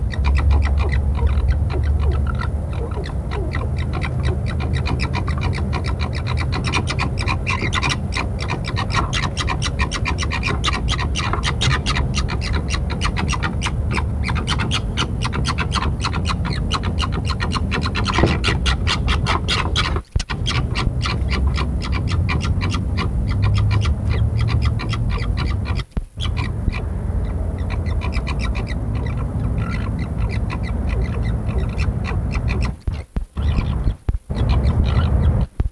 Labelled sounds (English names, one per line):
Corsac Fox